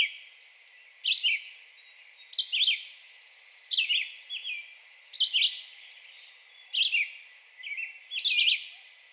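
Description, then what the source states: Red-eyed Vireo song: short slurred whistled phrases given about once every one to two seconds, with a faint high buzzing behind. Recorded on 2 June 2020.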